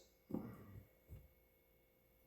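A steel valve keeper is being fitted into the valve stem groove under a compressed valve spring and retainer on a Shovelhead cylinder head. A low thump at 0.3 s is followed by a rustling rumble that fades by 0.8 s, and a softer thud comes at 1.1 s. The keeper is started but has not seated or clicked yet, so the spring compressor pin is loosened to try again.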